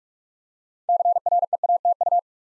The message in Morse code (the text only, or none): CREATU